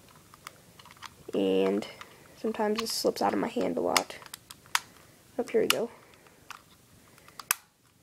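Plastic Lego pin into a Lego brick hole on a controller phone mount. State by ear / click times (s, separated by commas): seated / 7.5 s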